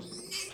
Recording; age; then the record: pig call; piglet (1 to 25 days)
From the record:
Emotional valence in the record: negative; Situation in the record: castration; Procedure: castration, shear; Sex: male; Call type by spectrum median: high-frequency call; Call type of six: mixed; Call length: 0.54 s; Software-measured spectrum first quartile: 1558 Hz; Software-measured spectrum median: 4335 Hz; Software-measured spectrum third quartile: 6251 Hz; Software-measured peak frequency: 4835 Hz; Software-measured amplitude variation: 101 dB a second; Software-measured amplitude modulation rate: 23.1 a second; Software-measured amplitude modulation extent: 4.4 dB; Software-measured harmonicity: 3.8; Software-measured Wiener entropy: -2.15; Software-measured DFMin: 758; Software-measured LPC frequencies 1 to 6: 2391, 3073, 4803, 5272, 6461, 7618 Hz